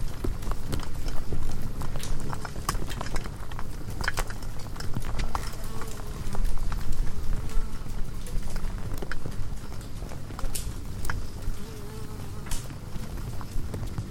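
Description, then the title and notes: Insects create a thick, even layer of soft tapping and fizzing, with a strong low hum and occasional brighter clicks. Hundreds of bugs frantically congregating around the only light at night, a porch bulb on a savannah wildlife ranch at Mmabolela, South Africa, November 2016; mix of six mics including miniature omnis; Zoom F8. "One Lightbulb. Hundreds of bugs are frantically congregating around the sole light source present at night, a bulb hanging on the porch of a wildlife ranch in South Africa. Angélica Castelló"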